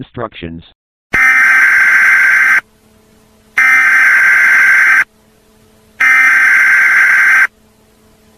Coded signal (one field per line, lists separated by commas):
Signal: Emergency Alert System (SAME) tones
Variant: header bursts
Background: speech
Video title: Entity EAS scenario (fake analog horror )